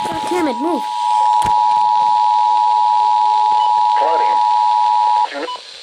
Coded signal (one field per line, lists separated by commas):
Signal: Emergency Alert System (SAME) tones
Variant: 853 and 960 Hz attention tone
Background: speech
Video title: Severe Thunderstorm Warning | EAS #570